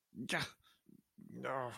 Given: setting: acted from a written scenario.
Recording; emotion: vocal sound without words; pain